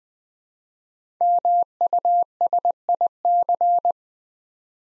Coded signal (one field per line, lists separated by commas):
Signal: Morse code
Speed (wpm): 20 wpm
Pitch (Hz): 700 Hz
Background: none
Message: MUSIC